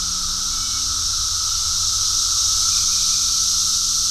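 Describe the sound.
Cicadas produce an even, sizzling high drone for the whole moment, with low steady hum tones beneath.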